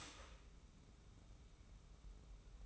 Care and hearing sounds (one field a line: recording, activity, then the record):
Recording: daily activity, microphone in the room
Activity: start toaster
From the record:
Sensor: 1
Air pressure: 994.5 hPa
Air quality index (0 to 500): 225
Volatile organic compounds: 1000 ppm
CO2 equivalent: 8064 ppm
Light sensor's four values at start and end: 138/317/141/155 and 138/317/141/155